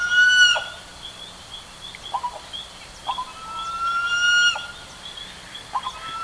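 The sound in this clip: Bird calls, long level whistled notes with harmonics alternating with short clipped calls, over a faint high drone.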